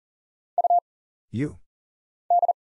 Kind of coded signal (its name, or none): Morse code